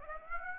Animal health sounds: mosquito wingbeat signal from an infrared sensor; Aedes aegypti

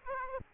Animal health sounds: mosquito wingbeat signal from an infrared sensor; Aedes aegypti

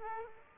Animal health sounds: mosquito wingbeat signal from an infrared sensor; Aedes aegypti

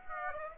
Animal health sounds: mosquito wingbeat signal from an infrared sensor; Aedes aegypti

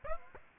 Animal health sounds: mosquito wingbeat signal from an infrared sensor; Aedes aegypti

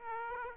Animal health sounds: mosquito wingbeat signal from an infrared sensor; Aedes aegypti

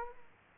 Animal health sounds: mosquito wingbeat signal from an infrared sensor; Aedes aegypti

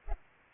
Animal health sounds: mosquito wingbeat signal from an infrared sensor; Culex pipiens

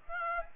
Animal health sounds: mosquito wingbeat signal from an infrared sensor; Aedes aegypti

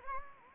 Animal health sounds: mosquito wingbeat signal from an infrared sensor; Anopheles gambiae

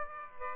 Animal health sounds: mosquito wingbeat signal from an infrared sensor; Aedes aegypti

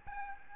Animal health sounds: mosquito wingbeat signal from an infrared sensor; Aedes albopictus

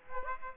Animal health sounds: mosquito wingbeat signal from an infrared sensor; Aedes aegypti

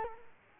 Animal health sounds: mosquito wingbeat signal from an infrared sensor; Culex quinquefasciatus

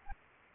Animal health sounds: mosquito wingbeat signal from an infrared sensor; Anopheles arabiensis

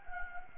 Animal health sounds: mosquito wingbeat signal from an infrared sensor; Anopheles gambiae

